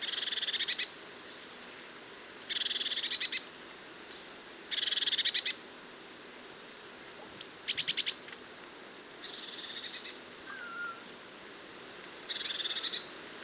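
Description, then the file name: Eurasian blue tit giving buzzy churring calls, bursts of rapid dry ticks under a second long, repeated every two to three seconds, with a thin high note and a brief whistle between. "Cyanistes caeruleus"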